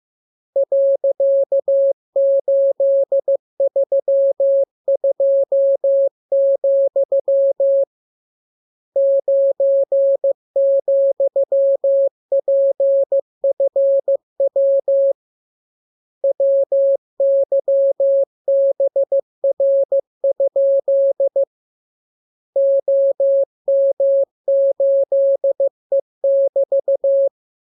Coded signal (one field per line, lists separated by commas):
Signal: Morse code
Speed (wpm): 15 wpm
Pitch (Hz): 550 Hz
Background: none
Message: .832, 9,PFW WYBR? OM8E<BT>